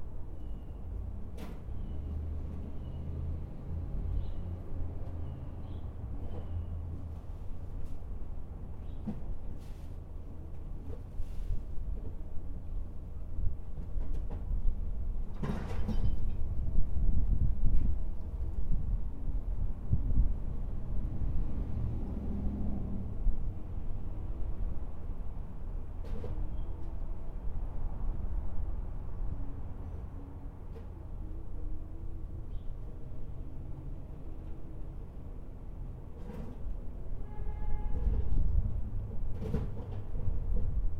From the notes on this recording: a plumber bring a 100 foot snake into the basement to unclog our sewer pipe with noises of unclogging